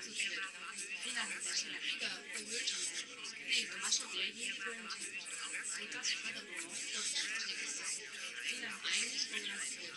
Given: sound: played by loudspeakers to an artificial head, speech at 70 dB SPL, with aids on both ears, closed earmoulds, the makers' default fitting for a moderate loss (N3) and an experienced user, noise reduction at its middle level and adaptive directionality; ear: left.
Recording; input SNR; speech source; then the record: speech test signal (ISTS) in cocktail-party noise; -3 dB; on the right (90 degrees)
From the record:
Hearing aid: class 1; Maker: J